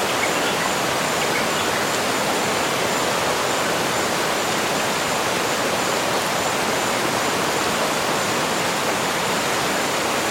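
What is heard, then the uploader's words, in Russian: A forest waterfall pours in a steady, dense hiss of falling water, unchanging throughout, with a faint thin high tone above. Лесной водопад. Кашуейра-Педра-Фурада в Бразилии. Стекающие воды Кашуейры-Педра-Фурада создают симфонию успокаивающих звуков.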